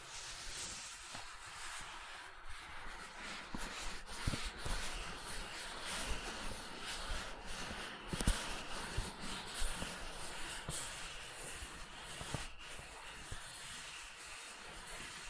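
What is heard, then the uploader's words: Gentle silicone sounds: a steady, dense rubbing and squishing texture with a soft hiss runs throughout. Brief taps and sharp clicks cut in every few seconds, clearest around two, four, eight and twelve seconds, while the overall level stays even. ASMR Gentle Silicon Sounds for Sleep (No Talking).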